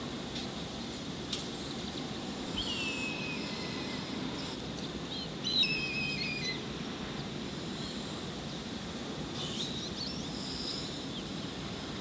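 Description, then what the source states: Hawk calling: three drawn-out, downward-slurring screams spaced a few seconds apart, set against constant low rumbling noise. More than one hawk, recorded in a canyon at Santa Monica, California, USA, on 26 March 2007.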